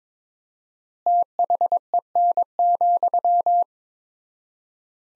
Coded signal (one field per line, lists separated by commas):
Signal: Morse code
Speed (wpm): 22 wpm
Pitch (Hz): 700 Hz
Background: none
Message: THEN,